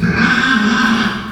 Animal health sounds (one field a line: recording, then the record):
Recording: squeal of a Yucatan mini pig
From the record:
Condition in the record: after surgery on the right vocal fold (resection and tissue-engineered implant)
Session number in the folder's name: 15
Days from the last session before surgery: 175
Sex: female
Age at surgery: 19 weeks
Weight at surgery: 25 kg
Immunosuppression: prednisolone